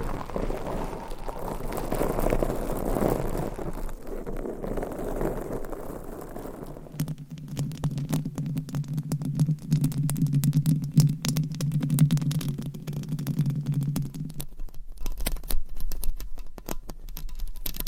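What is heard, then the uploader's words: Fingernails scratch against microphone covers, first as a soft, rustling rasp with a low rumble for about seven seconds. Then a steady low hum sets in under dense, rapid scratching clicks until around fourteen seconds, when the hum drops away and crisp scratching continues. Mic Scratching Brain Scratching with DIFFERENT MICS Covers & Nails No Talking.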